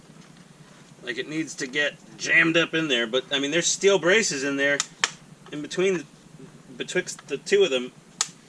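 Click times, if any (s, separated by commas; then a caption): 8.2 s. Someone talks while forcing the bowed plastic hull tub of a Tamiya 1/16 RC Full Option M551 Sheridan #56043 tank kit into the chassis between the steel braces, manhandling it because the tub is bowed out. A sharp click at 8.2 s marks the tub snapping into place, fully seated.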